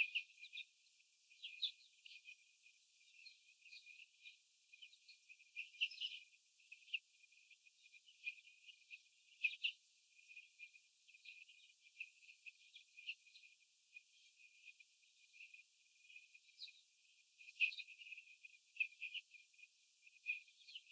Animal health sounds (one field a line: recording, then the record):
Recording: young laying hens in a cage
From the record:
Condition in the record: after the stressor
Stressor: sudden umbrella opening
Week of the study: 3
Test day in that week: 2